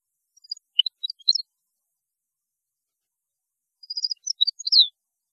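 European goldfinch song: two short bursts of high, sparkling twitters separated by a quiet gap, the second ending on a falling note.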